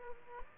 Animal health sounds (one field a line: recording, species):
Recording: mosquito wingbeat signal from an infrared sensor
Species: Aedes aegypti